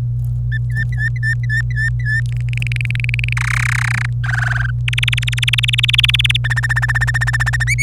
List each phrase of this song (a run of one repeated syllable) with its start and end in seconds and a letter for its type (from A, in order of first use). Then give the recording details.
0.52-2.21 A, 2.29-3.33 B, 3.37-4.06 C, 4.24-4.70 D, 4.88-6.37 E, 6.44-7.64 F, 7.67-7.83 G. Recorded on 25 April 2018 at 17:53. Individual llb3